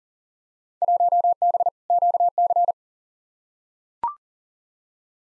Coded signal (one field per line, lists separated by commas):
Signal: Morse code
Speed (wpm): 40 wpm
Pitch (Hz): 700 Hz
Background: none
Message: 1B QC